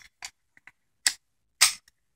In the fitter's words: you hear that snap right there that's actually not even all the way in so uh